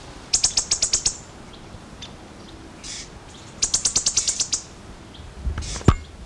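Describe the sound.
Black-chested sparrow song: two quick, high, evenly spaced trills of several sharp notes each, separated by a pause, with a sharp click near the end.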